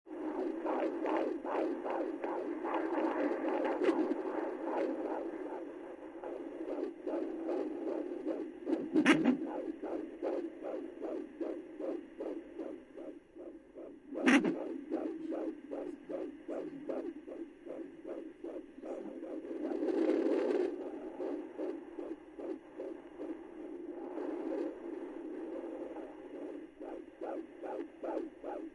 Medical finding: Fetal heartbeat.